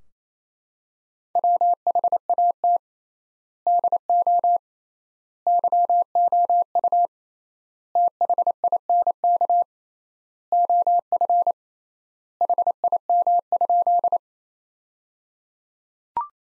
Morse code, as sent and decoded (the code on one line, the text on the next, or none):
.-- .... .- - / -.. --- / -.-- --- ..- / - .... .. -. -.- / --- ..-. / .... .. -- ..--..
WHAT DO YOU THINK OF HIM?